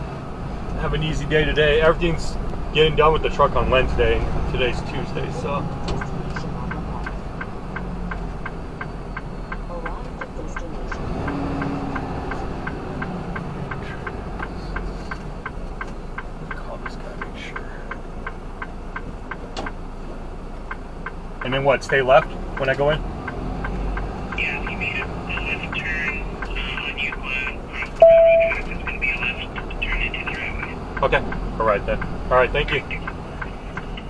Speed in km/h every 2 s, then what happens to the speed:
23, 23, 26, 21, 16, 15, 10, 5, 0, 0, 0, 2, 3, 6, 5, 5, 5.
4-15 slows to 0. 15-22 standing. 22-34 steady at about 5.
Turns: none.